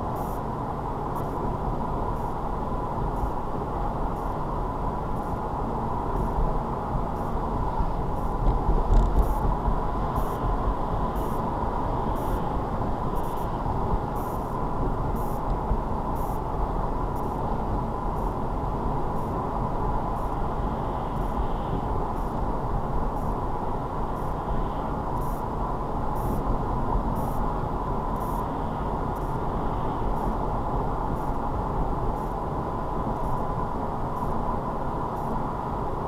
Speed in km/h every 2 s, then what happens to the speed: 44, 44, 44, 44, 44, 44, 44, 44, 44, 44, 44, 44, 44, 44, 44, 44, 44, 44.
0-36 steady at about 44.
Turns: none.